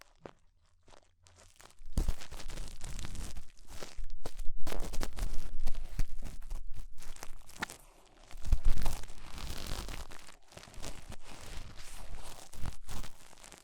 Tingly Ear Cleaning Rhinestone & Clay Removal